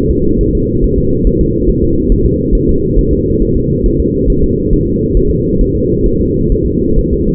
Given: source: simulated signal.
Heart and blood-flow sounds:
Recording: fetal heart sounds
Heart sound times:
0.11 s: S2
0.41 s: S1
0.55 s: S2
0.84 s: S1
0.98 s: S2
1.27 s: S1
1.41 s: S2
1.69 s: S1
1.84 s: S2
2.12 s: S1
2.26 s: S2
2.55 s: S1
2.69 s: S2
2.99 s: S1
3.13 s: S2
3.42 s: S1
3.56 s: S2
3.86 s: S1
4.00 s: S2
4.30 s: S1
4.44 s: S2
4.73 s: S1
4.88 s: S2
5.17 s: S1
5.31 s: S2
5.61 s: S1
5.75 s: S2
6.06 s: S1
6.20 s: S2
6.52 s: S1
6.66 s: S2
6.99 s: S1
7.13 s: S2
From the record:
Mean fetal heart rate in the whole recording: 135 bpm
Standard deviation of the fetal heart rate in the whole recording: 3 bpm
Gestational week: 36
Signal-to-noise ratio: -15.3 dB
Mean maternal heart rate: 72 bpm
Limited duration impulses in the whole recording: present

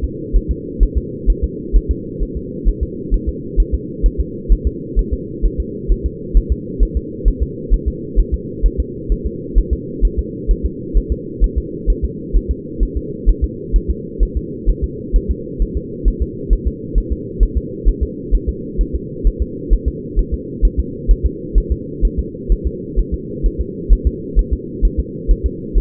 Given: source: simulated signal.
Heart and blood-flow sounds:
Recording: fetal heart sounds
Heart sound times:
0.04 s: S2
0.36 s: S1
0.51 s: S2
0.83 s: S1
0.98 s: S2
1.30 s: S1
1.44 s: S2
1.76 s: S1
1.91 s: S2
2.23 s: S1
2.37 s: S2
2.69 s: S1
2.83 s: S2
3.14 s: S1
3.29 s: S2
3.60 s: S1
3.74 s: S2
4.06 s: S1
4.20 s: S2
4.52 s: S1
4.67 s: S2
4.99 s: S1
5.13 s: S2
5.45 s: S1
5.60 s: S2
5.92 s: S1
6.06 s: S2
6.37 s: S1
6.52 s: S2
6.83 s: S1
6.97 s: S2
7.28 s: S1
7.43 s: S2
7.74 s: S1
7.88 s: S2
8.19 s: S1
8.34 s: S2
8.66 s: S1
8.80 s: S2
9.12 s: S1
9.27 s: S2
9.58 s: S1
9.73 s: S2
10.05 s: S1
10.19 s: S2
10.51 s: S1
10.66 s: S2
10.97 s: S1
11.12 s: S2
11.44 s: S1
11.58 s: S2
11.90 s: S1
12.05 s: S2
12.36 s: S1
12.51 s: S2
12.83 s: S1
12.97 s: S2
13.29 s: S1
13.44 s: S2
13.76 s: S1
13.91 s: S2
14.23 s: S1
14.37 s: S2
14.69 s: S1
14.84 s: S2
15.16 s: S1
15.31 s: S2
15.62 s: S1
15.77 s: S2
16.08 s: S1
16.22 s: S2
16.53 s: S1
16.67 s: S2
16.98 s: S1
17.12 s: S2
17.43 s: S1
17.58 s: S2
17.89 s: S1
18.03 s: S2
18.34 s: S1
18.49 s: S2
18.81 s: S1
18.95 s: S2
19.27 s: S1
19.42 s: S2
19.73 s: S1
19.88 s: S2
20.19 s: S1
20.34 s: S2
20.65 s: S1
20.80 s: S2
21.11 s: S1
21.26 s: S2
21.58 s: S1
21.72 s: S2
22.05 s: S1
22.19 s: S2
22.52 s: S1
22.67 s: S2
22.99 s: S1
23.14 s: S2
23.46 s: S1
23.61 s: S2
23.93 s: S1
24.07 s: S2
24.39 s: S1
24.53 s: S2
24.85 s: S1
25.00 s: S2
25.31 s: S1
25.46 s: S2
25.77 s: S1
From the record:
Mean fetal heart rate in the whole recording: 130 bpm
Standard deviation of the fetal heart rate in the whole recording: 2 bpm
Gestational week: 36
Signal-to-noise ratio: -4.1 dB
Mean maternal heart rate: no maternal heart sound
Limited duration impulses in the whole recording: absent

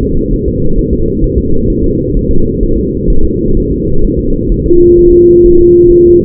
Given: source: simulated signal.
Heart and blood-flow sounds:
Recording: fetal heart sounds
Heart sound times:
0.03 s: S2
0.33 s: S1
0.48 s: S2
0.79 s: S1
0.93 s: S2
1.24 s: S1
1.38 s: S2
1.70 s: S1
1.84 s: S2
2.16 s: S1
2.31 s: S2
2.63 s: S1
2.77 s: S2
3.10 s: S1
3.24 s: S2
3.57 s: S1
3.71 s: S2
4.04 s: S1
4.19 s: S2
4.52 s: S1
4.66 s: S2
4.99 s: S1
5.13 s: S2
5.46 s: S1
5.60 s: S2
5.93 s: S1
6.07 s: S2
From the record:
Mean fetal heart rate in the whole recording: 130 bpm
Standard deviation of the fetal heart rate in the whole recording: 4 bpm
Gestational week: 38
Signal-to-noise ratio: -19.1 dB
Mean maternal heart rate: 72 bpm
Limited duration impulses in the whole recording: present

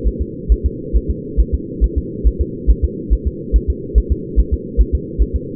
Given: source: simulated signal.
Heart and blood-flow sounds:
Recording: fetal heart sounds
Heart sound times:
0.08 s: S1
0.22 s: S2
0.52 s: S1
0.66 s: S2
0.96 s: S1
1.11 s: S2
1.40 s: S1
1.54 s: S2
1.84 s: S1
1.98 s: S2
2.27 s: S1
2.41 s: S2
2.70 s: S1
2.84 s: S2
3.13 s: S1
3.27 s: S2
3.56 s: S1
3.70 s: S2
3.98 s: S1
4.12 s: S2
4.39 s: S1
4.54 s: S2
4.81 s: S1
4.95 s: S2
5.22 s: S1
5.36 s: S2
From the record:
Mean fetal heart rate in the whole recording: 140 bpm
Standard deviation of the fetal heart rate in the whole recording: 2 bpm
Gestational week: 34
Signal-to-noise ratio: -4.1 dB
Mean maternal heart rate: no maternal heart sound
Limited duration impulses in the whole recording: absent

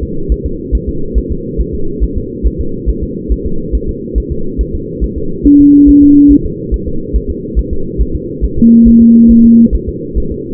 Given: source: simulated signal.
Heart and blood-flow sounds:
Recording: fetal heart sounds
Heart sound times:
0.03 s: S2
0.32 s: S1
0.46 s: S2
0.75 s: S1
0.89 s: S2
1.18 s: S1
1.32 s: S2
1.61 s: S1
1.75 s: S2
2.04 s: S1
2.18 s: S2
2.47 s: S1
2.61 s: S2
2.90 s: S1
3.03 s: S2
3.32 s: S1
3.46 s: S2
3.75 s: S1
3.89 s: S2
4.18 s: S1
4.32 s: S2
4.61 s: S1
4.75 s: S2
5.04 s: S1
5.18 s: S2
5.47 s: S1
5.61 s: S2
5.89 s: S1
6.03 s: S2
6.32 s: S1
6.46 s: S2
6.74 s: S1
6.88 s: S2
7.16 s: S1
7.30 s: S2
7.59 s: S1
7.73 s: S2
8.02 s: S1
8.16 s: S2
8.44 s: S1
8.59 s: S2
8.88 s: S1
9.02 s: S2
9.31 s: S1
9.45 s: S2
9.75 s: S1
9.89 s: S2
10.18 s: S1
10.32 s: S2
From the record:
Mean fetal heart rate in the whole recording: 140 bpm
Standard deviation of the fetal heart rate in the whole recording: 2 bpm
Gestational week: 34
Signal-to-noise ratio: -8.1 dB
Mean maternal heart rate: 72 bpm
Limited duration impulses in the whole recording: present

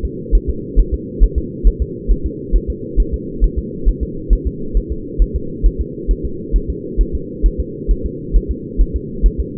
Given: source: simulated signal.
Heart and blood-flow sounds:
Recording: fetal heart sounds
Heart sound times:
0.05 s: S2
0.35 s: S1
0.50 s: S2
0.80 s: S1
0.94 s: S2
1.24 s: S1
1.38 s: S2
1.68 s: S1
1.82 s: S2
2.12 s: S1
2.26 s: S2
2.56 s: S1
2.70 s: S2
3.00 s: S1
3.14 s: S2
3.44 s: S1
3.59 s: S2
3.89 s: S1
4.03 s: S2
4.33 s: S1
4.47 s: S2
4.77 s: S1
4.92 s: S2
5.22 s: S1
5.36 s: S2
5.66 s: S1
5.81 s: S2
6.11 s: S1
6.25 s: S2
6.56 s: S1
6.70 s: S2
7.01 s: S1
7.15 s: S2
7.46 s: S1
7.60 s: S2
7.91 s: S1
8.06 s: S2
8.36 s: S1
8.51 s: S2
8.81 s: S1
8.96 s: S2
9.26 s: S1
9.40 s: S2
From the record:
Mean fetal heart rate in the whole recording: 135 bpm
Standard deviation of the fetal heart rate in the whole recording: 3 bpm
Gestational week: 36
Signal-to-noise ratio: -4.3 dB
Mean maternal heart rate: 72 bpm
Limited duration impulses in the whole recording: absent

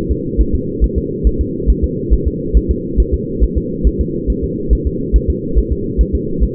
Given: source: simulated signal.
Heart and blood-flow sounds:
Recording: fetal heart sounds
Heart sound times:
0.12 s: S2
0.41 s: S1
0.55 s: S2
0.84 s: S1
0.98 s: S2
1.27 s: S1
1.41 s: S2
1.70 s: S1
1.84 s: S2
2.14 s: S1
2.28 s: S2
2.57 s: S1
2.71 s: S2
3.00 s: S1
3.14 s: S2
3.44 s: S1
3.58 s: S2
3.87 s: S1
4.01 s: S2
4.30 s: S1
4.44 s: S2
4.73 s: S1
4.87 s: S2
5.16 s: S1
5.30 s: S2
5.58 s: S1
5.73 s: S2
6.01 s: S1
6.15 s: S2
6.43 s: S1
From the record:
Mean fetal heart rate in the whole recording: 140 bpm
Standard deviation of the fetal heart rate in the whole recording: 2 bpm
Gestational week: 34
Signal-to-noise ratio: -6.6 dB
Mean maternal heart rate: 72 bpm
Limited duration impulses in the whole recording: present

